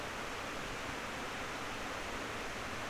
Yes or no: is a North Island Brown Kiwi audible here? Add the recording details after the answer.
no. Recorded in New Zealand on 19 October 2013. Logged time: 01:58. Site CR37